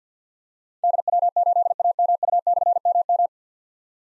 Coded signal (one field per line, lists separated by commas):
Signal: Morse code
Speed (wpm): 50 wpm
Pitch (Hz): 700 Hz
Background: none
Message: DW8AMU/MM